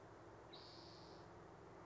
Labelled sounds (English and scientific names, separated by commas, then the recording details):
Spotted Towhee (Pipilo maculatus)
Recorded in Sonoma County, California